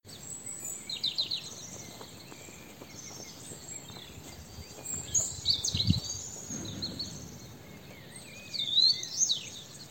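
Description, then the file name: European robin singing short high, tinkling phrases of thin whistles and quick trills, separated by pauses of several seconds, with a background hiss and faint low rustling. "Erithacus rubecula"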